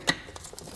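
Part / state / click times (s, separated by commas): brake pad into brake caliper / seated / 0.1 s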